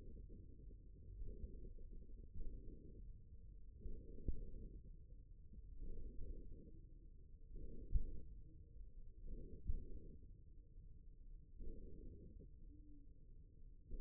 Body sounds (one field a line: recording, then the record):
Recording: forearm muscle sounds (acoustic myography)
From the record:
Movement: wrist extension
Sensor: system 1, eight BSWA MPA416 microphones around the upper forearm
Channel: 7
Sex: male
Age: 54 years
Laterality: right